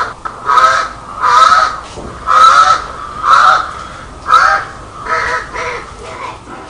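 Crow cawing steadily, about eight rasping caws roughly one per second, the last few weaker.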